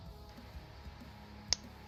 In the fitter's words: there we go, a loud click.